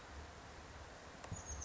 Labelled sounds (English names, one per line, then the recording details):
Oak Titmouse
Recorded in Sonoma County, California